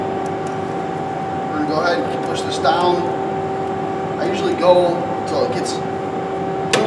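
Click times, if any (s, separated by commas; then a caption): 6.7 s. While rethreading a MIG welder, the drive-roll wire feed tension arm is pushed down over the wire and into its latch on the drive assembly. Someone talks over a steady hum. A single sharp click at 6.7 s marks the arm locking into place, seated.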